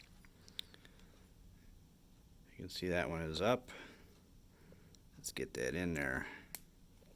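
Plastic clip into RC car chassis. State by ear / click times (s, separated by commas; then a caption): seated / 6.6 s. A plastic clip is pushed into an RC car chassis while someone talks. The clip snaps home with a sharp click at 6.6 s, and it is seated.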